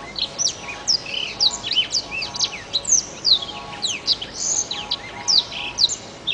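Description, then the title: Oriental magpie-robin song, a lively unbroken run of high whistles, slurs and chattering notes, fast and varied, over a faint steady hum. "Kicau Kacer"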